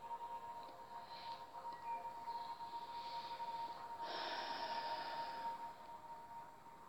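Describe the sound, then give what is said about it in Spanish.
Soft, airy breaths drawn in and let out slowly during a body-relaxation exercise, a few long swells of hiss rising and fading over a faint steady hum, with no talking. “Sigo esta respiración, sigo relajando el cuerpo.”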